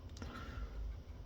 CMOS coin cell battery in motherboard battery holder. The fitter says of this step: here away from the battery, and the battery will pop out like so.